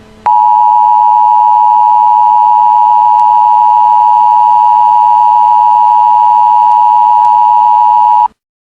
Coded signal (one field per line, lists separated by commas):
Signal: Emergency Alert System (SAME) tones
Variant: 853 and 960 Hz attention tone